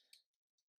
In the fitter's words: through those Peg holes boom just like that you hear the click and it's not going to go anywhere